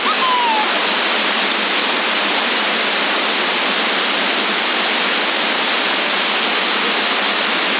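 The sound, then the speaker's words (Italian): Wind blowing through an open door, heard over a CB radio link, comes across as a steady, loud rushing hiss with no clear gusts, filling the whole clip with no voices, thin and band-limited like a radio transmission. “No, è perché non si sente niente qua, perché ho la porta aperta e c'è un vento che non capisce nulla, non stavo urlando contro di voi.”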